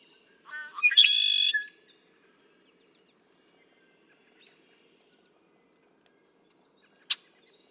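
Red-winged blackbird song: rapid gurgled notes leading into a buzzy trill, soft ticks after, and one sharp click later.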